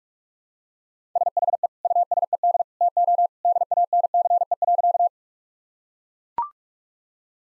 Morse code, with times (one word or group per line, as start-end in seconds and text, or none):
1.2-1.7 SHE
1.9-2.6 USED
2.8-3.3 TO
3.5-5.1 DANCE.